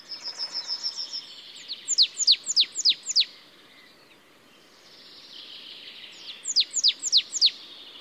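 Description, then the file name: Marsh tit calls: a quick run of thin high notes, then sharp downward-sweeping notes repeated in quick series, a pause, then another burst of sweeping notes. "Poecile palustris"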